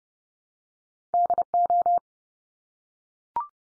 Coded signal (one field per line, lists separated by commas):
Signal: Morse code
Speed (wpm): 29 wpm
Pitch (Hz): 700 Hz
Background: none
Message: DO